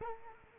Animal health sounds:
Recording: mosquito wingbeat signal from an infrared sensor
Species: Culex quinquefasciatus

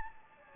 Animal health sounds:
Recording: mosquito wingbeat signal from an infrared sensor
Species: Anopheles gambiae

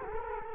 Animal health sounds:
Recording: mosquito wingbeat signal from an infrared sensor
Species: Culex quinquefasciatus

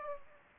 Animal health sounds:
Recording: mosquito wingbeat signal from an infrared sensor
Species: Aedes aegypti

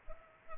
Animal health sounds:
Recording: mosquito wingbeat signal from an infrared sensor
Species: Culex pipiens

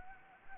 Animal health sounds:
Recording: mosquito wingbeat signal from an infrared sensor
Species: Anopheles gambiae

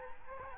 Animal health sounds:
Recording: mosquito wingbeat signal from an infrared sensor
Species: Aedes aegypti

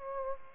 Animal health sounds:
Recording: mosquito wingbeat signal from an infrared sensor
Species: Aedes aegypti

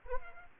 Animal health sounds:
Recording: mosquito wingbeat signal from an infrared sensor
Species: Aedes aegypti

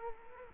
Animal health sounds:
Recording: mosquito wingbeat signal from an infrared sensor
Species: Culex quinquefasciatus

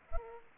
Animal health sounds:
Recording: mosquito wingbeat signal from an infrared sensor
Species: Aedes aegypti

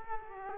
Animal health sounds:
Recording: mosquito wingbeat signal from an infrared sensor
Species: Culex quinquefasciatus

